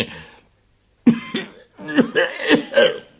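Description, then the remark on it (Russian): After a brief pause, a voice lets out two sharp, gruff coughs, then a rough, grumbling run of irritated coughing, loud and clipped, imitating an angry cough. “Сердито кашлянула ракета.”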